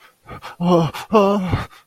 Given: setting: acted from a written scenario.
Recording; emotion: vocal sound without words; fear